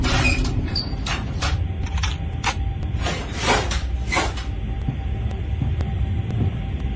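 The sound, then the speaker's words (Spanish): A flurry of cupboard doors clattering and items being shuffled and pulled out as a fridge is opened and kitchen cupboards are emptied, several sharp knocks and rustles in quick succession, then quieting over a steady low hum with no talking. “Abre la heladera, vacía las alacenas.”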